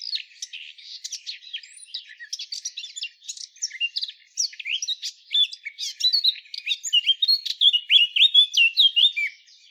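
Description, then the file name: Eurasian blackcap singing a rapid, jumbled warble of scratchy notes mixed with clear whistles, becoming louder and more fluty toward the end. "Sylvia atricapilla"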